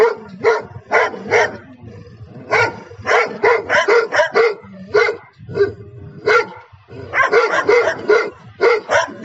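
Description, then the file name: Dog barking in quick clusters of sharp, repeated barks separated by short gaps. "Dogs Barking"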